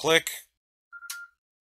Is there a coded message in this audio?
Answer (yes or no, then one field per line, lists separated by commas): no